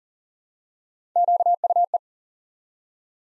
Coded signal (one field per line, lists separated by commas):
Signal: Morse code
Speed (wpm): 42 wpm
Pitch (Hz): 700 Hz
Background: none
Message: QUE